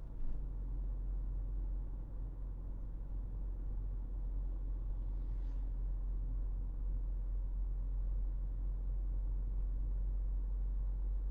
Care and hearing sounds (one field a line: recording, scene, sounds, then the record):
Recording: everyday scene through a hearing-aid microphone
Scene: in a vehicle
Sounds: engine, highway driving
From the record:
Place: Berlingo II, diesel engine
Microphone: behind the ear, right, front